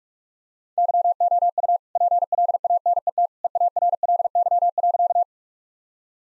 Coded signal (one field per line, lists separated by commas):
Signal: Morse code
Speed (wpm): 46 wpm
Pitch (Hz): 700 Hz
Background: none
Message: YOU PLANET EARLY.